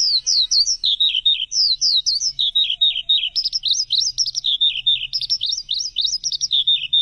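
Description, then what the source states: Bird song: lively high chirping, with descending runs of slurred notes alternating with quick rising twitters, continuous throughout. Chirping bird song intended for training pet birds.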